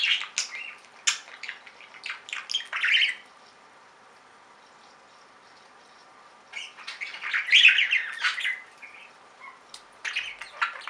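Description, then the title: Budgerigar chatter: bursts of scratchy chirps and clicks in the first three seconds, a pause, then another busy warbling burst around seven to eight seconds. "Budgie Sounds"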